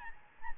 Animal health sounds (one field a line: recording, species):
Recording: mosquito wingbeat signal from an infrared sensor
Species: Aedes albopictus